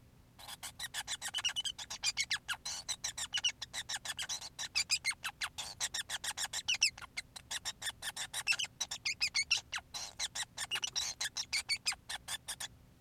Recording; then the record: song of a male Bengalese finch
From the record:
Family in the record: son of father 5